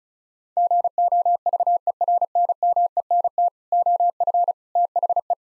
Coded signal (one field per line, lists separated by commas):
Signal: Morse code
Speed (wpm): 36 wpm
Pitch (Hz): 700 Hz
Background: none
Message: GOVERNMENT OF THE